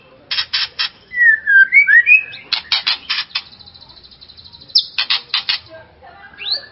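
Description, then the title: White-rumped shama song: harsh buzzy notes in quick groups, a sweet warbled whistle phrase between them, ending with a rising whistle. "murai batu"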